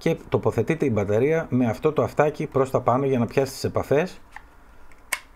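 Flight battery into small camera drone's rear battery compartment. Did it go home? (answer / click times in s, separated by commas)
yes / 5.1 s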